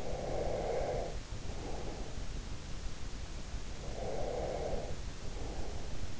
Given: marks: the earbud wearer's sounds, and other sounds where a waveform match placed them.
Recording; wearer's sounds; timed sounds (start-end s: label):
sounds in sleep by an in-ear microphone; breath
0.00-2.52 s: breath
3.78-6.16 s: breath